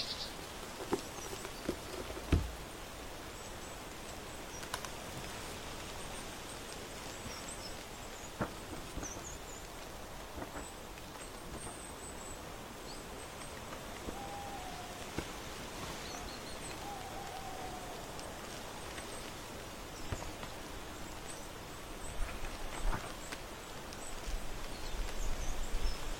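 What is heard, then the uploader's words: Birdsong and crunchy leaves on a porch in autumn: a steady, dense crackling hiss runs throughout, broken by sharp rustles and crunches every few seconds. Faint, thin bird chirps surface around the middle, and the rustling grows louder and busier near the end. Birdsong, crunchy leaves, flipping books. On the porch in autumn.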